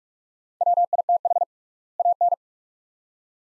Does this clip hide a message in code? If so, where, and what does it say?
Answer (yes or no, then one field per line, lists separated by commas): yes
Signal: Morse code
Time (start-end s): 0.6-2.3 s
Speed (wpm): 46 wpm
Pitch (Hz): 700 Hz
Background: none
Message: WITH AN